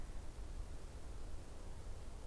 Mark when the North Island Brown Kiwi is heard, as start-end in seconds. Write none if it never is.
none